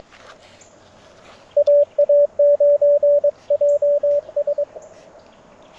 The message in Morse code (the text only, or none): AA9JS